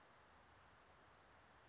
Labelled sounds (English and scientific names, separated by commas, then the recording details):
Brown Creeper (Certhia americana)
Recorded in Sonoma County, California